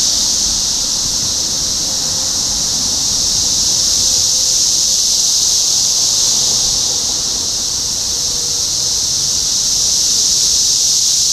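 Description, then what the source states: Cicadas in a steady, unbroken high-pitched buzzing chorus that holds an even level throughout. Topeka, Kansas, 14 June 2015.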